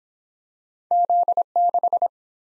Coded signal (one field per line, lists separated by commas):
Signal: Morse code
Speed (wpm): 22 wpm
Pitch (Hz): 700 Hz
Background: none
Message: Z6